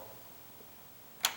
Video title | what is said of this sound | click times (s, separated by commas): Man Says He Can't Fix Sagging Door Then Figures It Out Anyway | okay I felt it right there see where this is now you can't now you can't disengage it if | 1.2 s